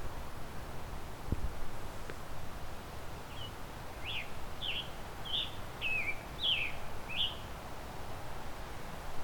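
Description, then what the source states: Scarlet Tanager song, a quiet series of several hoarse, burry phrases over steady background hiss. Male singing quietly to himself; recordist got fairly close to the bird.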